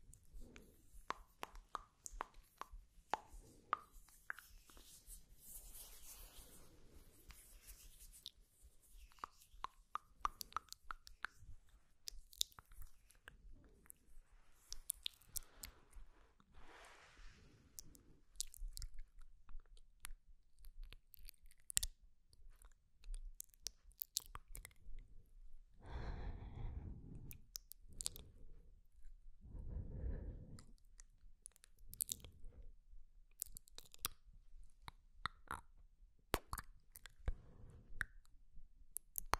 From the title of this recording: TINGLY MOUTH SOUNDS ASMR